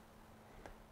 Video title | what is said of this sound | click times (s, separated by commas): VIP Vision Tutorial: Using microSD storage in IP cameras - Part 1: Installation | the holder and push until you hear the click and that's | 0.7 s